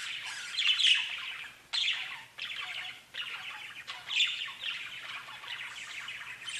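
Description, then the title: Budgerigar warble of rapid buzzy chirps coming in bursts separated by short breaks. "Budgie Sounds"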